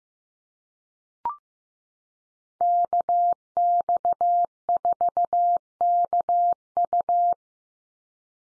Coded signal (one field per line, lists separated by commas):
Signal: Morse code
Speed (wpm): 15 wpm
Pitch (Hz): 700 Hz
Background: none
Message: KX4KU